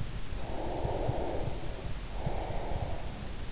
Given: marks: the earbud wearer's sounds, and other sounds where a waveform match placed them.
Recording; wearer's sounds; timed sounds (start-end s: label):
sounds in sleep by an in-ear microphone; breath
0.32-3.32 s: breath